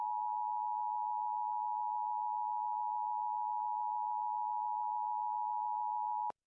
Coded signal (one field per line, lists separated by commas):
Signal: Emergency Alert System (SAME) tones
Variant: 853 and 960 Hz attention tone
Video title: [EAS #3-#17] How to start 2024.....